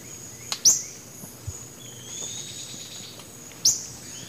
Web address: Natures Songs S America Eastern Lowlands. Myiobius barbatus, calls and flight calls